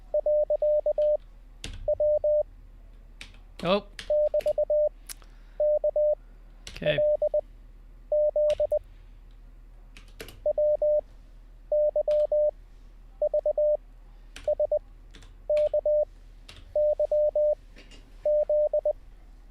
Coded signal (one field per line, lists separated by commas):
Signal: Morse code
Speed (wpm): 20 wpm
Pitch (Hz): 600 Hz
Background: speech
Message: .W E<BT>KLZ WYVSKYZ